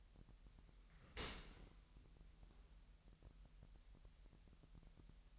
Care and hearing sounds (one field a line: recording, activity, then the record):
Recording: daily activity, microphone in the room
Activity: open dishwasher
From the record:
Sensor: 3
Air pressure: 998.2 hPa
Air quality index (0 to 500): 151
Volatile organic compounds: 5 ppm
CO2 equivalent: 1808 ppm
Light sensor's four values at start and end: 13/38/15/14 and 13/38/15/14